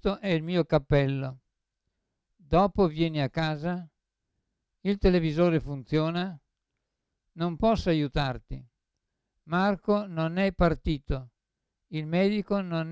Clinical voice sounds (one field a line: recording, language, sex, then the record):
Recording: read phrases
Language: Italian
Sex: male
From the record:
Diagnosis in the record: Parkinson's disease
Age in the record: 75 years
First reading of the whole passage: 62 s, 8.3 characters per second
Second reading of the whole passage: 57 s, 9.2 characters per second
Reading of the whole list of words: 53 s, 5.3 characters per second